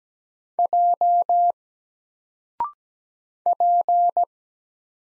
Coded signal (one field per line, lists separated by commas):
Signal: Morse code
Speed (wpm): 17 wpm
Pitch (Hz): 700 Hz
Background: none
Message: J P